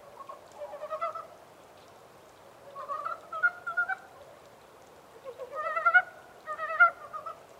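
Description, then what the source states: Montane brown frog calls: bursts of quick pulsed croaks in several clusters, with quiet gaps between. 14 April 2010.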